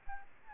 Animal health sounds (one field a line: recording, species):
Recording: mosquito wingbeat signal from an infrared sensor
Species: Aedes albopictus